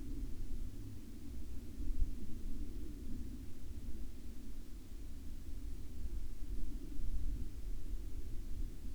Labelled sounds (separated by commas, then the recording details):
aircraft
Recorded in the Arctic National Wildlife Refuge, Alaska, on 22 July 2019 at 02:46
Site 43